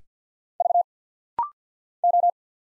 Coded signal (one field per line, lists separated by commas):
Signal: Morse code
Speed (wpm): 50 wpm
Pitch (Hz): 700 Hz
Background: none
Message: V O